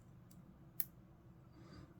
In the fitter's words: Right, so again with this one. And just make sure it clicks